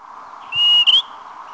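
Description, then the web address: Greater pewee call, a clear whistled note held level then ending in a brief upward slur, over a steady background hum. "Peterson North American Birds. grpe"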